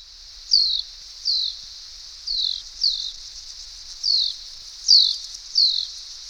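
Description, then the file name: Common house martin giving brief descending chirps, seven calls at uneven intervals, over a constant high-pitched hiss. Flight calls. "Mehlschwalbe Flugrufe"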